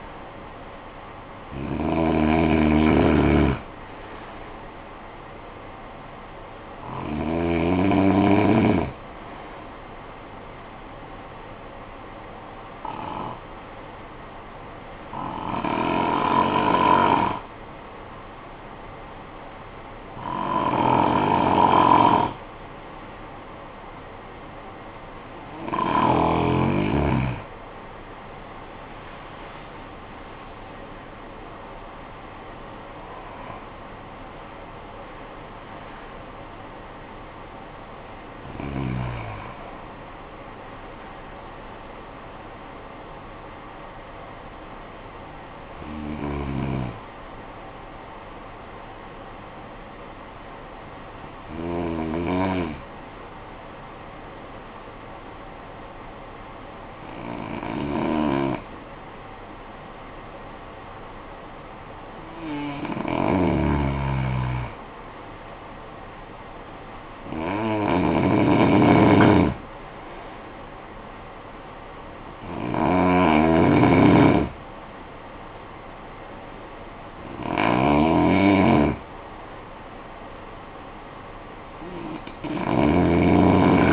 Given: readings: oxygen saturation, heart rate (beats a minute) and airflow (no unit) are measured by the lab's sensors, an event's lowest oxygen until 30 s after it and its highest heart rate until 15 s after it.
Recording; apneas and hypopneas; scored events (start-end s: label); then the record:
breathing in sleep by a voice recorder at the bedside; 2
11.00-26.60 s: hypopnea (N1, oxygen 95% highest, then 91% lowest, heart rate 52 at the start, 75 highest)
50.00-63.70 s: hypopnea (N1, oxygen 97% highest, then 90% lowest, heart rate 50 at the start, 61 highest)
75.00-83.93 s: new sleep stage, N2 (light sleep)
From the record:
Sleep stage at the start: N1 (lightest sleep); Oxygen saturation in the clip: 89 to 97%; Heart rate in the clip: 49 to 75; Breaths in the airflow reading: 15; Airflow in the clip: -14.9 to 15.9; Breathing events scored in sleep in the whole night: 445 in 7.6 hours asleep